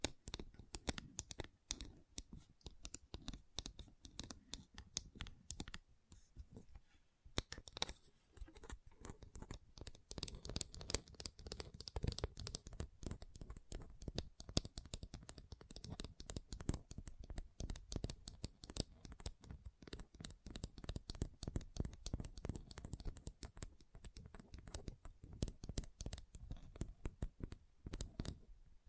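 Gentle tapping goes on throughout, a dense, fast run of small clicks with a dry, papery edge, like fingertips on a surface or cards riffling. The taps briefly thin out around six to eight seconds, then resume at a steady, busy pace.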